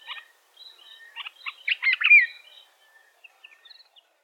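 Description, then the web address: African red-eyed bulbul with a brief jumble of chirps building to a loud liquid slurred whistle, then faint scattered notes trailing off. "African red eyed bulbul. بلبل-چشم-سرخ"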